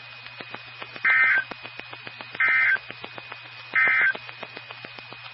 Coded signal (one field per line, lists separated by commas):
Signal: Emergency Alert System (SAME) tones